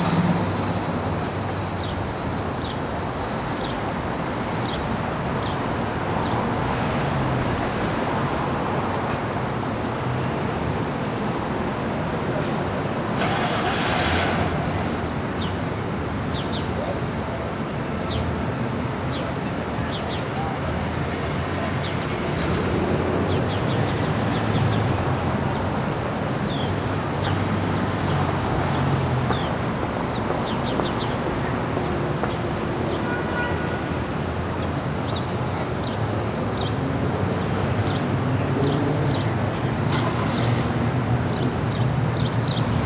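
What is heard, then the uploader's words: A calm city street with a steady, dense wash of traffic rumble that barely changes and swells slightly in the second half. Small high chirps and clicks dot the background throughout, and a brief hiss cuts through around fourteen seconds. Relaxing and Calm City Street.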